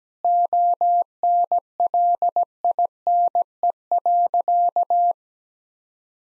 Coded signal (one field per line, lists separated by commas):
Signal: Morse code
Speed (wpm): 17 wpm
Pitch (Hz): 700 Hz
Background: none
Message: ONLINE.